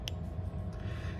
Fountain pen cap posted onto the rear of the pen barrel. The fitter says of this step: the cap post deeply and securely with a positive click